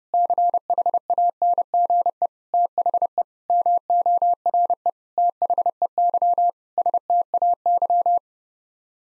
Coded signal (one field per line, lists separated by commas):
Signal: Morse code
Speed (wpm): 30 wpm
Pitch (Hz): 700 Hz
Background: none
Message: CHANGE THE MORE THEY STAY